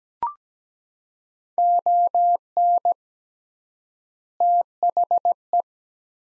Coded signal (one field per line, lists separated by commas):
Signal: Morse code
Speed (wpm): 17 wpm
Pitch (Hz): 700 Hz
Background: none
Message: ON THE